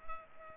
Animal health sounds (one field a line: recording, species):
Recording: mosquito wingbeat signal from an infrared sensor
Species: Culex pipiens